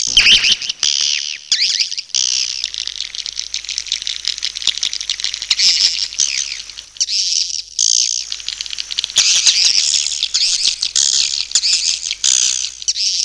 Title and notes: Swiflet Bird Sound. Farming Swiflet Bird asia sound